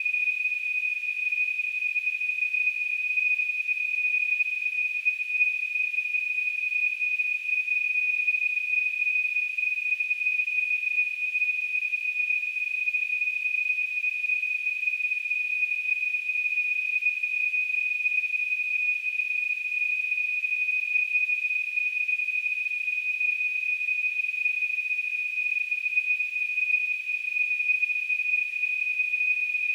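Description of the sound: A simulated tinnitus sound: a steady, continuous high-pitched ringing tone near 2.6 kHz with a faint band of hiss around it, unchanged in pitch and loudness throughout the 30 seconds.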